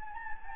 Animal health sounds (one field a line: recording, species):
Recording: mosquito wingbeat signal from an infrared sensor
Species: Anopheles gambiae